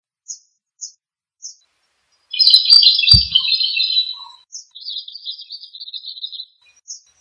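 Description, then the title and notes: Bird song: a few short high chirps, then a dense rapid twittering burst and a buzzy chattering phrase, with a single low thump midway. Indonesia. "Kicau Burung Indonesia"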